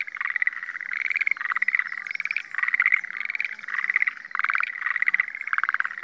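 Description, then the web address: Chorus of Schlegel's green tree frogs giving dense, rhythmic trains of clicking pulses in bursts about half a second long, overlapping throughout. 18 April 2014. "birdenaga sch aogaeru"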